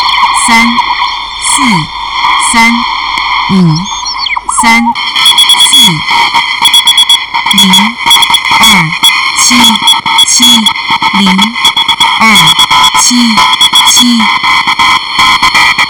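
Shortwave radio with a steady hiss and several constant whistling tones sitting over the signal. A low, warbling voice-like sound comes and goes in short bursts about once a second, and after about five seconds sharp crackles and clicks break in repeatedly.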